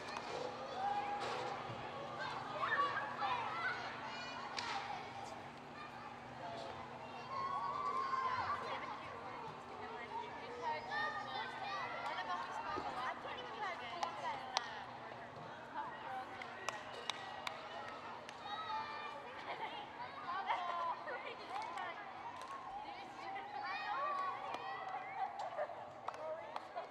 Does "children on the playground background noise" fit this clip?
yes